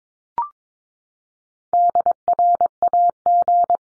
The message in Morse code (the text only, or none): DRAG